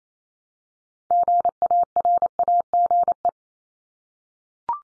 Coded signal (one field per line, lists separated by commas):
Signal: Morse code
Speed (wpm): 28 wpm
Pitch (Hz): 700 Hz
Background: none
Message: GARAGE